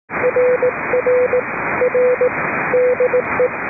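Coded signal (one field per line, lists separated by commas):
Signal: Morse code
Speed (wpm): 18 wpm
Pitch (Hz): 500 Hz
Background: radio noise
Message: RR R DE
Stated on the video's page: Net on 3.729 MHz, net control operating fully remote from aboard a boat.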